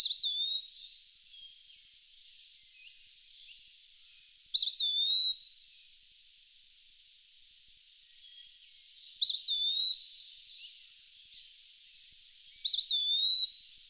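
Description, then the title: Eastern wood pewee singing clear, slurred whistled phrases that rise then fall, four phrases a few seconds apart, with a faint hiss underneath. "LuckyPassaro Completos2Sama. Eastern Wood Pewee (Contopus virens)"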